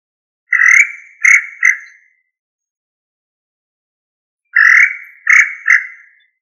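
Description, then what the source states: Quail calling with a harsh, buzzy three-note phrase, first note longest, given twice with a long pause between. Listed under the tinamou family; Indonesian name puyuh.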